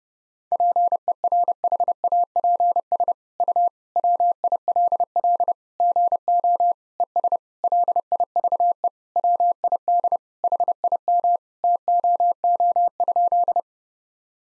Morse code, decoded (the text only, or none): PERHAPS U WILL GO ES LIVE WID HIM TOO?